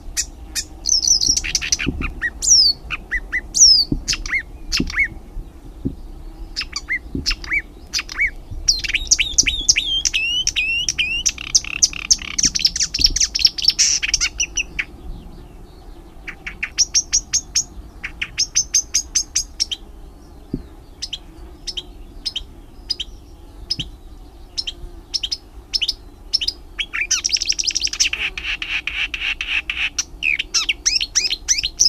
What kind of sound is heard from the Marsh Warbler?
song